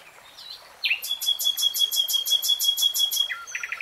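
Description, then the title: Nightingale song: a long, steady high whistle overlaid with rapid repeated pulsing notes, ending in a quick trill. Singing, in a 3-hour real-time recording. "[Tiếng chim hót] REALTIME Nightingale Singing"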